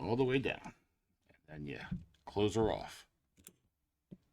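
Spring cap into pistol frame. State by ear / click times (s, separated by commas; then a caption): seated / 3.5 s. During reassembly of a Springfield Armory Garrison 1911 pistol, the final spring cap (button) is pushed all the way down into the metal frame against spring tension and closed off while someone talks. One sharp click is heard at 3.5 s as the cap seats home, putting the spring back under tension.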